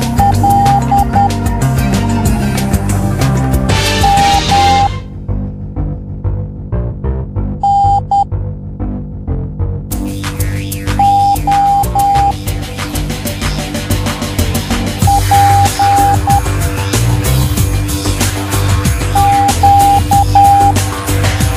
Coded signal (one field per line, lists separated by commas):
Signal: Morse code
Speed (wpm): 10 wpm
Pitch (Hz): 800 Hz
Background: music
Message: L M N O P Q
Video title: Código morse